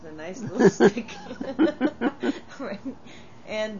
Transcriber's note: they laugh